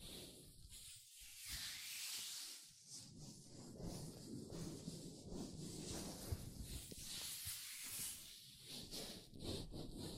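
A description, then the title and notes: Latex gloves rub and squeak against hands in a dense, continuous hiss of friction, with brief crinkly snaps scattered throughout and no pauses. ASMR Latex Gloves Hand Sounds (No Talking).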